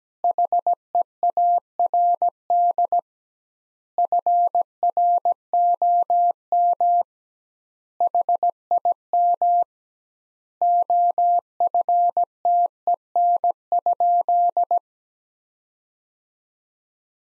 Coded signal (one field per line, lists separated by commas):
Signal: Morse code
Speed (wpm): 17 wpm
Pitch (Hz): 700 Hz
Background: none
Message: HEARD FROM HIM OFTEN?